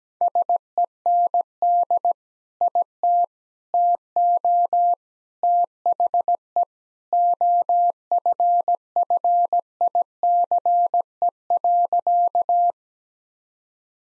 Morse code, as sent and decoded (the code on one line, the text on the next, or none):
... . -. -.. / .. - / - --- / - .... . / --- ..-. ..-. .. -.-. . .-.-.-
SEND IT TO THE OFFICE.